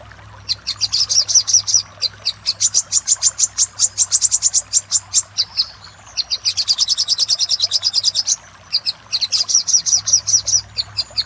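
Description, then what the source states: Little spiderhunter song of long, fast runs of high sharp notes separated by short pauses, over a low constant hum. Master recording used for training cage birds.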